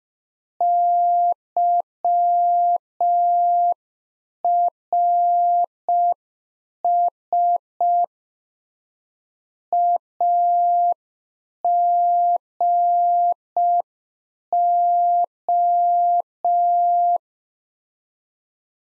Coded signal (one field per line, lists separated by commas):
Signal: Morse code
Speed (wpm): 5 wpm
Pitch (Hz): 700 Hz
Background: none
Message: YRS AGO